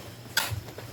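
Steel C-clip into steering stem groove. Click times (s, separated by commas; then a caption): 0.4 s. A straightened steel C-clip (circlip) on an LSR steering stem for a TRX250R ATV is pushed until it engages the groove that holds the stem in when pulling up on the handlebars. A short, sharp click is heard at 0.4 s, softer than hoped for. The clip is fully seated in the groove all the way around.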